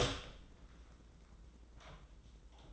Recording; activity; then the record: daily activity, microphone in the room; open door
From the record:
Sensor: 3